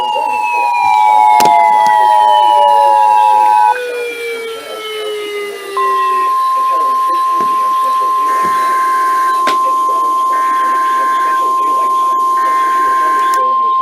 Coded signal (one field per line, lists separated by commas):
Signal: Emergency Alert System (SAME) tones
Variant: 853 and 960 Hz attention tone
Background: speech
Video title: NOAA Radio (EAS # 419 443) Alerts From 6/28/18